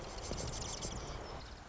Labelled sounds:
Marsh Wren
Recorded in Sonoma County, California

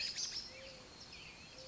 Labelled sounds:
Mourning Dove
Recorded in Sonoma County, California

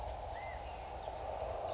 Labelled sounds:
California Quail
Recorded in Sonoma County, California

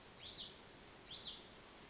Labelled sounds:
Hutton's Vireo
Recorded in Sonoma County, California

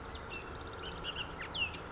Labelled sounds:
Bullock's Oriole
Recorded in Sonoma County, California

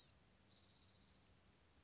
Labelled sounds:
Blue-gray Gnatcatcher
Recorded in Sonoma County, California

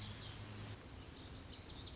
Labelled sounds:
Lazuli Bunting
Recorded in Sonoma County, California

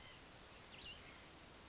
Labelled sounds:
White-breasted Nuthatch
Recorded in Sonoma County, California

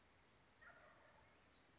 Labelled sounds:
Wild Turkey
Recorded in Sonoma County, California

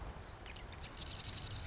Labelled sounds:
Marsh Wren
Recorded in Sonoma County, California

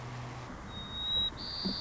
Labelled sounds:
White-crowned Sparrow
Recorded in Sonoma County, California

